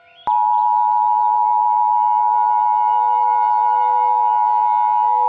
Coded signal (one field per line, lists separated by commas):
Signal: Emergency Alert System (SAME) tones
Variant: 853 and 960 Hz attention tone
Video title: (VALID TONES) EAS Mock - A Shocking Turn of Events (06/05/2010)